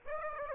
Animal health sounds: mosquito wingbeat signal from an infrared sensor; Aedes aegypti

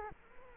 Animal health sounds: mosquito wingbeat signal from an infrared sensor; Culex quinquefasciatus

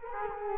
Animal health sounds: mosquito wingbeat signal from an infrared sensor; Culex quinquefasciatus

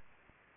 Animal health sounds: mosquito wingbeat signal from an infrared sensor; Anopheles arabiensis

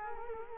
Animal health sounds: mosquito wingbeat signal from an infrared sensor; Culex quinquefasciatus

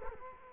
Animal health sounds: mosquito wingbeat signal from an infrared sensor; Culex quinquefasciatus

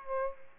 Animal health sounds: mosquito wingbeat signal from an infrared sensor; Aedes aegypti

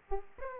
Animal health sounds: mosquito wingbeat signal from an infrared sensor; Aedes aegypti

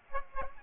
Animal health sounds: mosquito wingbeat signal from an infrared sensor; Aedes aegypti

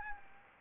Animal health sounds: mosquito wingbeat signal from an infrared sensor; Anopheles gambiae

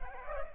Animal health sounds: mosquito wingbeat signal from an infrared sensor; Culex pipiens

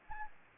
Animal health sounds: mosquito wingbeat signal from an infrared sensor; Anopheles gambiae

